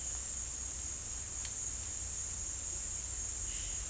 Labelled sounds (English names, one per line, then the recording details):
none
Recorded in dense forest near Puerto Asís, Putumayo, Colombia, on 16 December 2024 at 09:00
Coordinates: 0.466, -76.327
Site G075